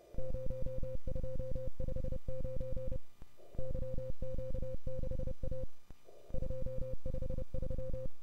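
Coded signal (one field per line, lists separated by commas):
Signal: Morse code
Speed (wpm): 30 wpm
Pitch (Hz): 520 Hz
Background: none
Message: 0259 YQ6A 253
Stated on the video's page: WAE CW contest on 20m from a home station, including sending QTC traffic, on a Flex radio.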